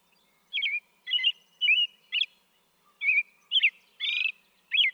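American robin song: a steady string of whistled, slurred syllables with a brief buzzy note near the end.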